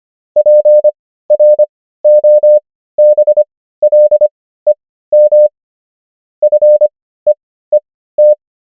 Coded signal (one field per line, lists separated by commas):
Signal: Morse code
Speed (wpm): 25 wpm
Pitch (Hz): 600 Hz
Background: none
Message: PROBLEM FEET